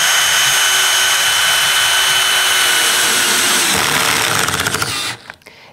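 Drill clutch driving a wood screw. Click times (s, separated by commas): 4.8 s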